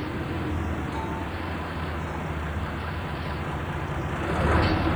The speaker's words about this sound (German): Eine Diesellok zieht den Zug. Der Mann mit der Pfeife dirigiert den Zugführer. Er signalisiert ihm, wann ein voller Wagen genau vor der Schachtluke steht.